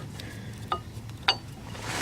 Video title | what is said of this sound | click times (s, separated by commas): 2006 HHR Brake Pads Replace, left front | your brake pads on and they just go right in fairly easily snap right in there | 1.3 s